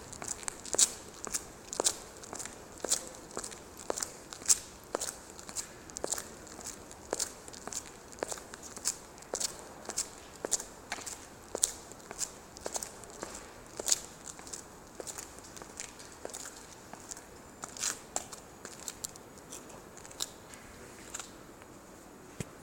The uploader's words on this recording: Escalator & walking at Jannowitzbrücke. Taking the escalator and walking.